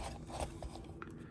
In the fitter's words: uh back shell piece I didn't tab this one in all the way I didn't I didn't hear it click like the other one